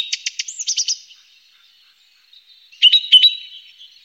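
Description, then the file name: Song thrush phrases: a quick rattling string of high notes, a pause of over a second, then a few brighter clipped notes. "Singdrossel"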